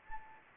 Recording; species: mosquito wingbeat signal from an infrared sensor; Anopheles gambiae